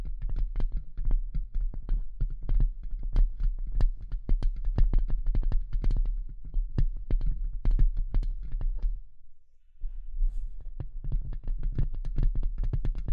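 Quick, irregular tapping and scratching clicks crowd the clip, sharp bright ticks landing many times a second over a steady low rumbling throb. Around the nine-second mark everything drops to near silence for about half a second, then the dense tapping and low thrum resume.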